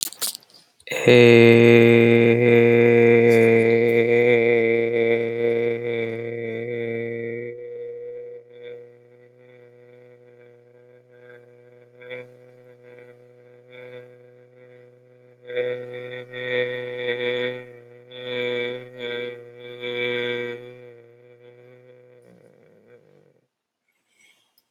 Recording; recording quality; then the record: sustained vowel as in beet; excellent, no background noise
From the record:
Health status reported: healthy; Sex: male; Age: 24 years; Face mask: not worn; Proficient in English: yes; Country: United States